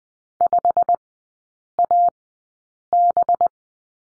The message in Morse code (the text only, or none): 5AB